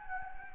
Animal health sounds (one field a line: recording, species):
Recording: mosquito wingbeat signal from an infrared sensor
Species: Anopheles gambiae